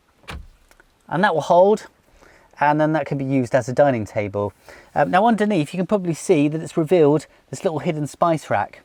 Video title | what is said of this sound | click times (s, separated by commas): Tiny Custom Van Conversion - Full Tour - Nissan E NV200 Camper - Fully Electric | so if I pull it up like so it will click into place | 0.3 s